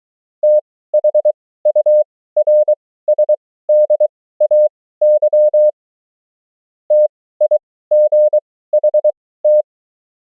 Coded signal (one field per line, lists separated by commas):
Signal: Morse code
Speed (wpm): 23 wpm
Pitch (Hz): 600 Hz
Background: none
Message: THURSDAY TIGHT